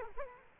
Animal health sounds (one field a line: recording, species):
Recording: mosquito wingbeat signal from an infrared sensor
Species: Culex quinquefasciatus